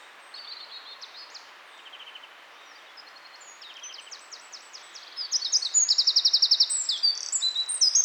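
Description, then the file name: Eurasian wren song: soft-sounding high notes for five seconds, then a strong, fast, shrill trilling phrase bursts in and carries on to the end. "Troglodytes troglodytes"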